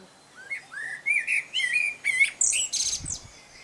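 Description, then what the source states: Common blackbird song: a run of mellow whistled notes rising and falling, ending in a high scratchy twittering flourish. Male song.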